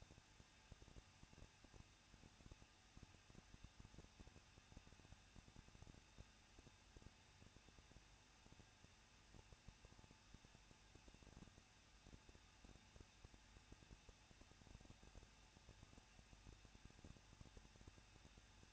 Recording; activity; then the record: daily activity, microphone in the room; no activity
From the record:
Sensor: 2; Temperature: 21.0 degrees Celsius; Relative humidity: 37.3%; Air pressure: 1006.2 hPa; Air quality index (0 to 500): 221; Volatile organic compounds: 24 ppm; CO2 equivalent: 2803 ppm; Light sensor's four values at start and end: 2/3/2/2 and 2/3/2/2